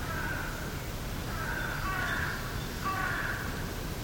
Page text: BBC. Mixed woodland in early Spring, early morning atmosphere, rather neutral with distant Hooded Crows, Buzzard & Great Tit